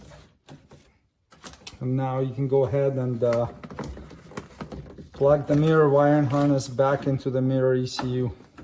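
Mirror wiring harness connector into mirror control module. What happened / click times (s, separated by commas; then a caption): The connector is handled but not yet clicked home / none. On a 2010-2015 Lexus RX350 or RX450h, the door mirror wiring harness connector is handled to plug back into the mirror control module (ECU), with a few faint handling taps and soft knocks around 0.5–1.7 s and 4.4–4.7 s while someone talks. The connector has not seated or clicked yet by the end of the clip.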